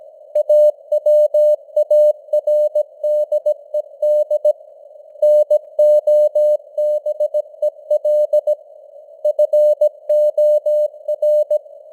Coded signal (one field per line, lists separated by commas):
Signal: Morse code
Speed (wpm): 17 wpm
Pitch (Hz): 600 Hz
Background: none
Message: AWARDED NOBEL FOR